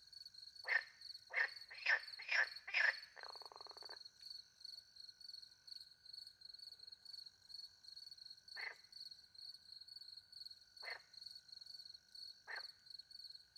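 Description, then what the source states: Frog croaking: a quick burst of about six loud croaks, then scattered single croaks several seconds apart, over a steady high chirping of crickets. Countryside by night beside a little pond in France, with crickets; microphones hidden in a tree near the pond; two Usi Pro microphones recorded into a MixPre-10 II.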